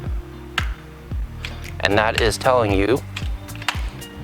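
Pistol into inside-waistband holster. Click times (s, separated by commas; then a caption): 0.6 s. A compact Sig Sauer P365 pistol is pushed into an inside-waistband holster that has no active retention, giving a sharp audible click at 0.6 s that shows the firearm is seated and secure. Quieter handling knocks follow around 1.1 to 1.7 s and again near 3.6 to 3.7 s, with steady background music throughout. Someone talks in the middle of the clip.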